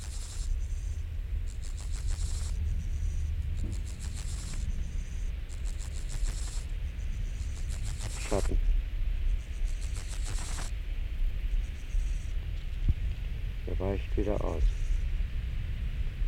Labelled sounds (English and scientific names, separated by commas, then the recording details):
Steppe Grasshopper (Chorthippus dorsatus) stridulation
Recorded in the wild
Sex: male
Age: imago
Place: Schildow, NSG, Kalktuffgelände am Tegeler Fließ (NSG Schildow), Berlin, DE
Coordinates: 52.642, 13.37
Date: 1993-08-14 11:31
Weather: 20°C, sonnig
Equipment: Marantz CP 430, Sennheiser ME 80, Kopie Uher Variocord 263
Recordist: Tembrock, Günter